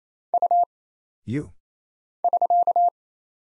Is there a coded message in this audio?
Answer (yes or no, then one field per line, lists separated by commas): yes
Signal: Morse code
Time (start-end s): 0.3-2.9 s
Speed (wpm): 27 wpm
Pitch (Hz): 700 Hz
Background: none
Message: U <SK>